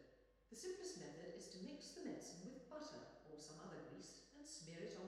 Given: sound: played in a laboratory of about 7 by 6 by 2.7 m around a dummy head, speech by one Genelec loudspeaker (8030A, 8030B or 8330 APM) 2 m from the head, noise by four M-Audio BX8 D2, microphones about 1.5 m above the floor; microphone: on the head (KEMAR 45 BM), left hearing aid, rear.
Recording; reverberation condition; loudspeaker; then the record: female speech in English; high; in front (0 degrees)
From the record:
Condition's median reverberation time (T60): about 1300 ms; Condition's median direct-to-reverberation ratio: about -4.0 dB